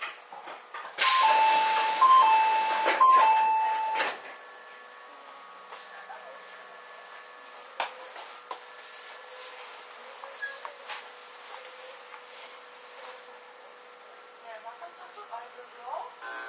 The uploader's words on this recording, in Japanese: 伊豆急8000系 伊豆高原〜伊豆急下田。全編成が３両編成でJR伊東線の熱海〜伊豆急の伊豆高原は3＋3の6両編成で運転。